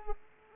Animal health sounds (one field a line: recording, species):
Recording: mosquito wingbeat signal from an infrared sensor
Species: Culex pipiens